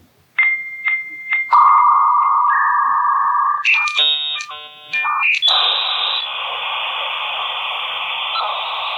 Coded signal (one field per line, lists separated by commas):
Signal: dial-up modem handshake